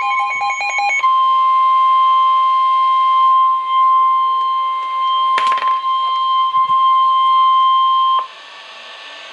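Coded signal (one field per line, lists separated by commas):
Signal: Emergency Alert System (SAME) tones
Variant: 1050 Hz attention tone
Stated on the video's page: NOAA weather radio severe thunderstorm warning.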